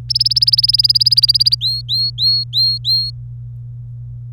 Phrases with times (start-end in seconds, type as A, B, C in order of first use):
0.09-1.55 A, 1.61-3.10 B